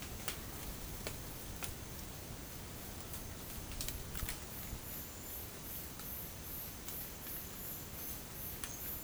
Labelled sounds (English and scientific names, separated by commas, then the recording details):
none
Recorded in dense forest near Puerto Asís, Putumayo, Colombia, on 29 June 2025 at 14:30
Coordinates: 0.503, -76.323
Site G059